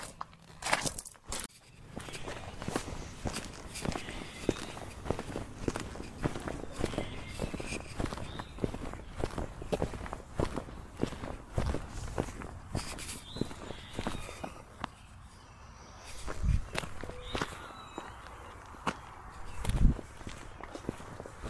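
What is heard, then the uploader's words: Footsteps crunch through gravel at a steady walking pace, each step a sharp gritty crackle repeating about twice a second. The crunching is dense through the middle, lightening briefly around fifteen seconds, with a few louder, heavier steps near seventeen and twenty seconds. Walking in varying types of gravel. Walking in gravel.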